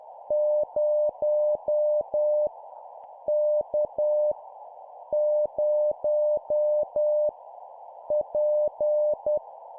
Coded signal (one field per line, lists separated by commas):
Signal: Morse code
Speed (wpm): 10 wpm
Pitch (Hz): 600 Hz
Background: none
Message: 0 K 0 P